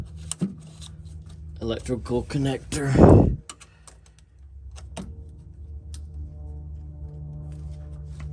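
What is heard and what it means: A plastic wiring harness electrical connector on a Jeep is plugged into the new evap canister or pump, and it clicks in with a single sharp click at 0.3 s, seated. Someone talks over a low steady hum, and a few more light knocks and taps follow later in the clip.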